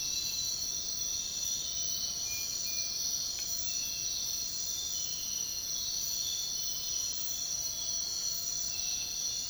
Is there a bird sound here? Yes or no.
no